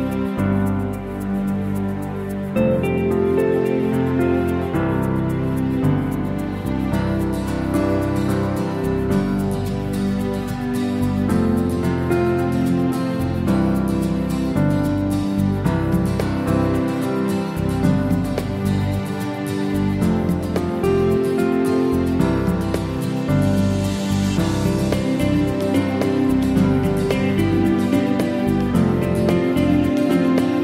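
Calm piano music plays at an even volume, with dense, overlapping low and middle notes changing steadily and a faint high shimmer above.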